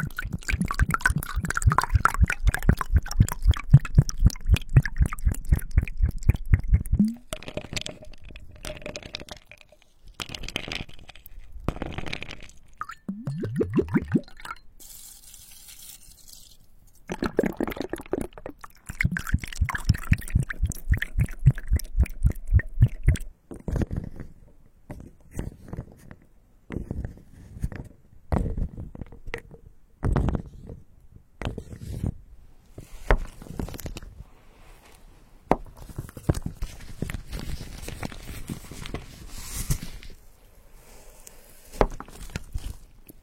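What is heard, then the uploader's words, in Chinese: Quiet handling sounds: a fast, even run of low taps fills the first seven seconds. After that come scattered knocks, clicks and crisp crackling scrapes, like ice and wooden blocks being handled, with a short silence around fifteen seconds. 倒水。冰块。木块。蜡烛。火焰。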